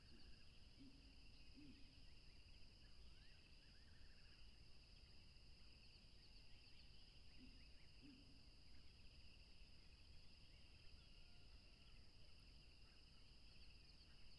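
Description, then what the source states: Crickets keep up a steady, dense chorus at two high pitches, with a few short low notes and faint chirps. Chorus of crickets recorded along a tropical river.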